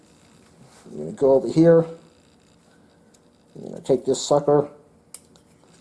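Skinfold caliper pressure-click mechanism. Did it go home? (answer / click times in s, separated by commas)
yes / 5.1 s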